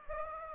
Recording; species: mosquito wingbeat signal from an infrared sensor; Anopheles gambiae